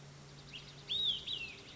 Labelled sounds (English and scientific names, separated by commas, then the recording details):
Olive-sided Flycatcher (Contopus cooperi)
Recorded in Sonoma County, California